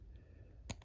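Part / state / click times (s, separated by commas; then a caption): plastic part into diecast toy car body / not seated / none. A plastic part of a buildable Radiator Springs Racer mechanic kit diecast toy car is handled against the car body, with a sharp tap at 0.7 s and a fainter one at 0.8 s over a low background hum. The part has not seated or clicked into place yet.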